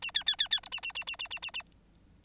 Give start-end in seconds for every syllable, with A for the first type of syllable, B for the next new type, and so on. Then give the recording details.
0.02-0.11 A, 0.14-0.23 B, 0.26-0.36 B, 0.38-0.48 B, 0.51-0.60 B, 0.63-0.69 C, 0.71-0.80 A, 0.82-0.92 A, 0.95-1.04 A, 1.07-1.16 A, 1.19-1.28 A, 1.30-1.39 A, 1.42-1.51 A, 1.53-1.62 A. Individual Bird9